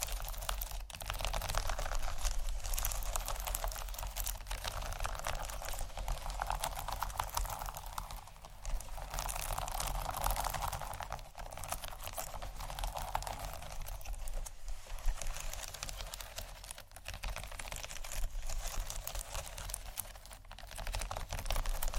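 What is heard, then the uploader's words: Textured bags are handled in a dense, continuous rustle of small crinkles and taps that sound much like fast typing. The clicks come rapidly and irregularly for the full length, with brief dips around 8 and 11 seconds, over a low steady hum. ASMR 4 Textured Bags 1 Hour（No Talking）.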